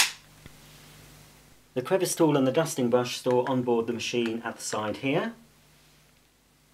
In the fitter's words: Push it in until it clicks.